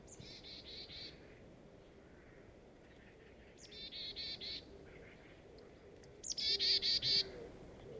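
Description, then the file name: Marsh tit calling in three short bursts of stacked, slightly buzzy notes, each phrase about a second long, over a steady low background hum. "Poecile palustris"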